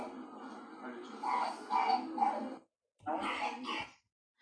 That's the harsh barking cough, seal-like cough. And it's a feature of the croup only.